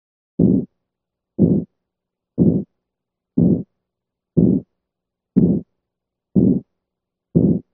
A decrescendo murmur.